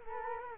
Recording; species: mosquito wingbeat signal from an infrared sensor; Culex quinquefasciatus